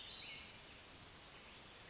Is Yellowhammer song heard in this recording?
no